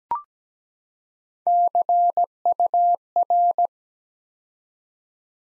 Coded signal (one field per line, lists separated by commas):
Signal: Morse code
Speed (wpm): 17 wpm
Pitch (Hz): 700 Hz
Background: none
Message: CUR